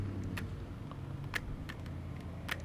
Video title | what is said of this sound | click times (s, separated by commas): MY MOTORCYCLE GEAR "VICTORY CROSS ROADS CLASSIC LE" | listen rather to to hear that click | 1.4 s, 2.5 s